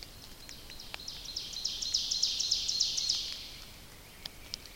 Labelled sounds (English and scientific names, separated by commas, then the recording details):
Ovenbird (Seiurus aurocapilla) song
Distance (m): 75 m
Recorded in boreal forest in Alberta, Canada, on 29 May 2016 at 08:23
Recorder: SongMeter 3, array SBT-3-49
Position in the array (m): 113 m, 253 m
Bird 14